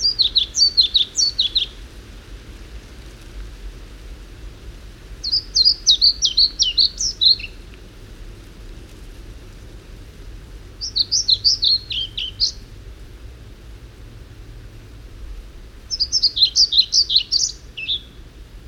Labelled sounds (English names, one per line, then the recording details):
European Pied Flycatcher song
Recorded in the wild
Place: Kamminke, Insel Usedom, Mecklenburg-Vorpommern, DE
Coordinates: 53.87, 14.206
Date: 1975-06-14 06:50
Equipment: Nagra III BH, Sennheiser MD 21, parabola
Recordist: Schubert, Michael
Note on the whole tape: Gesang Trauerschnäpper